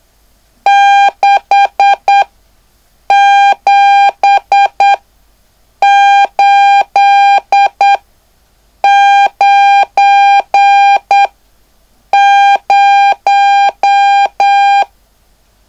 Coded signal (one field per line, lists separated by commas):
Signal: Morse code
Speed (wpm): 8 wpm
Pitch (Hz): 800 Hz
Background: none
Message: 67890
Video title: LU1WGO: Curso para Aspirante a Radioaficionado/Introducción al CW-Clase#03